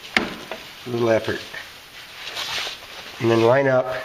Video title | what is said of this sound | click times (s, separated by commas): Lowering 99-04 Jeep Grand Cherokee | now just force that on it's not real hard there it snaps right into place | 0.2 s